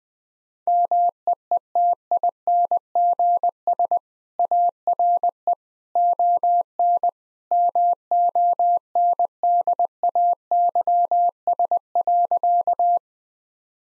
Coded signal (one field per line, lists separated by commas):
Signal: Morse code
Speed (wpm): 20 wpm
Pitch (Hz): 700 Hz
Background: none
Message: MEETINGS ARE ON MONDAYS.